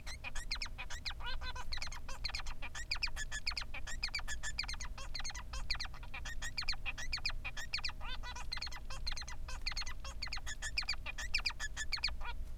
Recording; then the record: song of a male Bengalese finch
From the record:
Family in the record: son of father 3